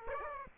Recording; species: mosquito wingbeat signal from an infrared sensor; Aedes aegypti